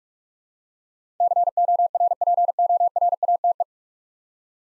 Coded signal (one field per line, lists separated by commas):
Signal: Morse code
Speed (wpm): 46 wpm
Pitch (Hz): 700 Hz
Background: none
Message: CORPORATE